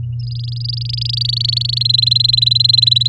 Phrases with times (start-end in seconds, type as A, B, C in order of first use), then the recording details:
0.19-1.83 A, 1.85-3.08 B. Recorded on 9 May 2018 at 10:59. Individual llb16